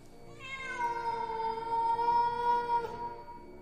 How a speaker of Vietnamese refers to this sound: Vừa nói đến đây thì tự nhiên chúng tôi nghe tiếng mèo kêu đến rợn cả người.